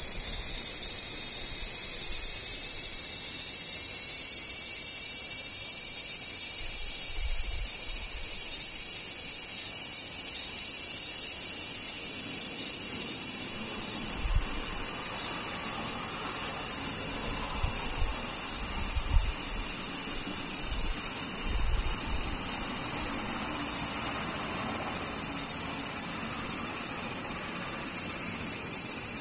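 Cicadas drone in a dense, unbroken high-pitched buzz throughout, with a few soft low thumps around seven, fourteen and nineteen seconds.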